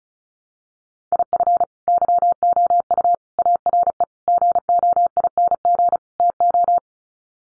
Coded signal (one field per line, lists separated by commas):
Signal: Morse code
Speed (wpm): 34 wpm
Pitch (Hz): 700 Hz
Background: none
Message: IF YOU ARE GOING TO